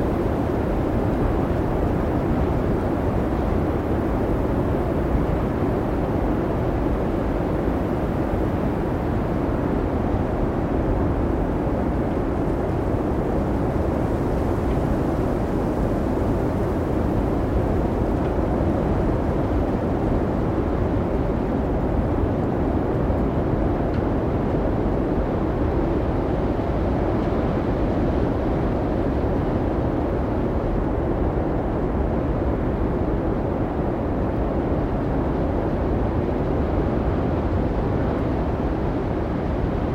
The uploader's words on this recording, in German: Wintersturm-Ambiente | Isländischer Blizzard und Heulender Wind. Aufgenommen über Nacht während des kolossalen Schneesturms Diddú in Reykjavík, erleben Sie die echten und ungezähmten Klänge von heulenden Winden und wirbelndem Schnee.